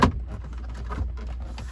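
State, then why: Seated. A plastic dash trim piece carrying a direct-fit phone mount bracket is pressed back into its opening in the dashboard of a 2005–2009 Ford Mustang (Mustang GT, Shelby GT500, Boss 302). A sharp pop at 0.0 s marks the trim seating back into place. It is followed by faint low rumble and light handling sounds.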